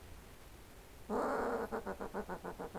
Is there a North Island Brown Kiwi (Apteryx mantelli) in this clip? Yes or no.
no